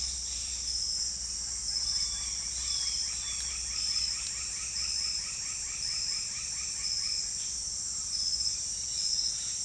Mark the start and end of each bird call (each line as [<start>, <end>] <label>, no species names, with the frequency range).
[1.80, 7.26] bird call (0.5-4.2 kHz)